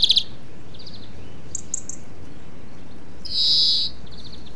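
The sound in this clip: European greenfinch with a quick trilled burst, a few softer trills, then a drawn-out nasal buzzy wheeze lasting about half a second; steady background hiss throughout.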